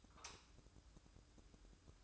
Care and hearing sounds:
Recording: daily activity, microphone in the room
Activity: light off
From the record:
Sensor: 2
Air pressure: 1007.7 hPa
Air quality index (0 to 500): 75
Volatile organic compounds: 1 ppm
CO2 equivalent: 636 ppm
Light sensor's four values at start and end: 14/38/15/15 and 9/20/8/9

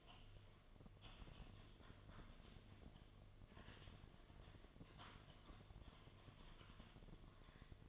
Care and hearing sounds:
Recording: daily activity, microphone in the room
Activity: typing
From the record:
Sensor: 4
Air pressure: 1005.2 hPa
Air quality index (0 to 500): 182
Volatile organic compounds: 5 ppm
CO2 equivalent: 1791 ppm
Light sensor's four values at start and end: 6/12/5/4 and 6/12/5/4

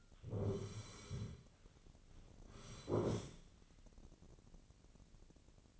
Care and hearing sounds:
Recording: daily activity, microphone in the room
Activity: sit down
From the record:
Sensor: 4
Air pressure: 1010.0 hPa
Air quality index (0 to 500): 198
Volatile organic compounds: 3 ppm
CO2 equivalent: 1419 ppm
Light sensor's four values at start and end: 38/92/38/41 and 38/92/38/41

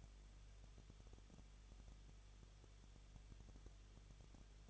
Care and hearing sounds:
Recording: daily activity, microphone in the room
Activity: no activity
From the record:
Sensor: 4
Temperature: 23.0 degrees Celsius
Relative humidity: 34.3%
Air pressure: 1007.3 hPa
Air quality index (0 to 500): 213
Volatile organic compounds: 14 ppm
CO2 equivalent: 2460 ppm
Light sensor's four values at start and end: 2/3/1/1 and 2/3/1/1

